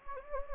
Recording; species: mosquito wingbeat signal from an infrared sensor; Anopheles gambiae